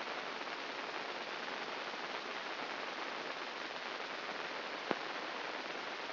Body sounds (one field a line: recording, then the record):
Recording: brain microelectrode recording played as sound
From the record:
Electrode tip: inside the subthalamic nucleus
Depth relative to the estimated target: 2 mm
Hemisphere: left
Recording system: AlphaMap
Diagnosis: Parkinson's disease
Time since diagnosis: 14 years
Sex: female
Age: 58 years